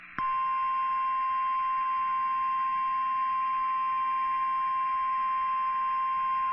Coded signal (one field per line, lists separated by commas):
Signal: Emergency Alert System (SAME) tones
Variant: 1050 Hz attention tone